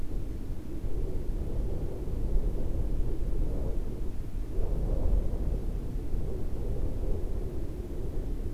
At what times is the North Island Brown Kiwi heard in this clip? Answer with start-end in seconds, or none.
none